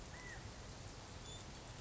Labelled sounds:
California Quail
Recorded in Sonoma County, California

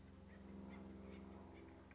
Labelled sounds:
Chestnut-backed Chickadee
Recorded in Sonoma County, California

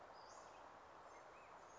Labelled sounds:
Western Flycatcher
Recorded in Sonoma County, California

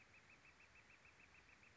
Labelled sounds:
Northern Flicker
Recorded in Sonoma County, California

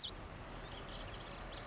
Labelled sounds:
Lazuli Bunting
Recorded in Sonoma County, California

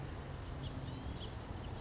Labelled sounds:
House Finch
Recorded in Sonoma County, California

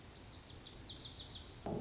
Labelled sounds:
Lazuli Bunting
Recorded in Sonoma County, California

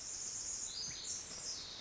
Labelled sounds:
Pacific Wren
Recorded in Sonoma County, California

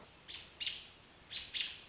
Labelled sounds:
American Robin
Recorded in Sonoma County, California

